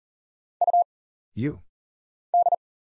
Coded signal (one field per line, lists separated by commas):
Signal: Morse code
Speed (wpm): 39 wpm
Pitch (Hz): 700 Hz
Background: none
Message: U D